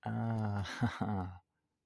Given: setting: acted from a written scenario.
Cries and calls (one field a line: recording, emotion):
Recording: vocal sound without words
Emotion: realization